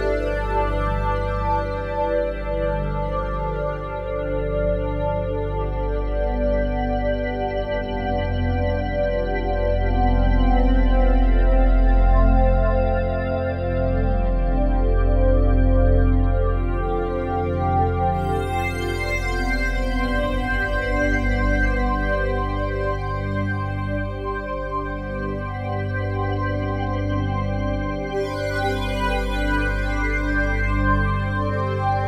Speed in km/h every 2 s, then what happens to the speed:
116, 119, 120, 121, 121, 121, 121, 121, 121, 121, 121, 121, 121, 121, 121, 120.
0-32 steady at about 121.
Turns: none.